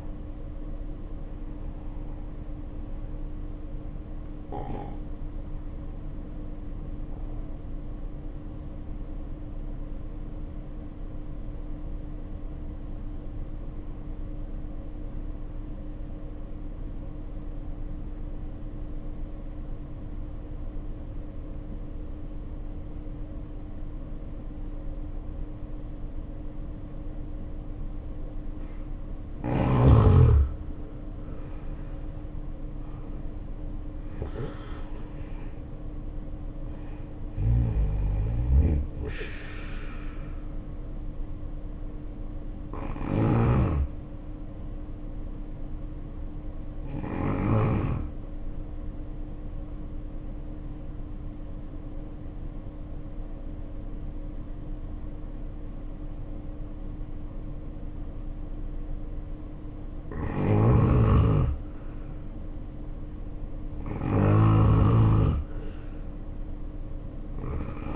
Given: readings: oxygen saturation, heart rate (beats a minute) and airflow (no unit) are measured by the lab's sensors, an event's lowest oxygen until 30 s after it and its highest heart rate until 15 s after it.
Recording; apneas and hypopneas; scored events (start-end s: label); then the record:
breathing in sleep by a smartphone at the bedside; 2
8.00-29.40 s: obstructive apnea (N1, oxygen 95% highest, then 76% lowest, heart rate 54 at the start, 77 highest)
41.00-62.40 s: hypopnea (N1, oxygen 94% highest, then 85% lowest, heart rate 74 at the start, 74 highest)
From the record:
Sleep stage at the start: N1 (lightest sleep); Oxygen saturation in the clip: 76 to 95%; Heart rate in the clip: 52 to 77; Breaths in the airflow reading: 8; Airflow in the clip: -6.0 to 8.9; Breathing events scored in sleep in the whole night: 520 in 7.2 hours asleep